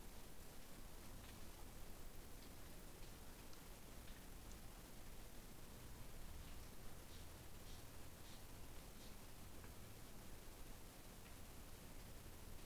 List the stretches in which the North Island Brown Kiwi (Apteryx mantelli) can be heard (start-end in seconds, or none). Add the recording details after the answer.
none. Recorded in New Zealand on 20 November 2013. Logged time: 21:14. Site CG22